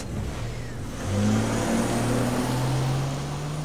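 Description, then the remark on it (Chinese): A car engine hums low, then swells as the car turns around and drives off, its tone rising and holding steady in a smooth drone that gradually carries off. “许岩冲他挥挥手，几怀笑着上了车，掉头开走。”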